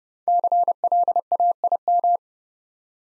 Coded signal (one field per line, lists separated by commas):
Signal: Morse code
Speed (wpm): 30 wpm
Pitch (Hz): 700 Hz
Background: none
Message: CLAIM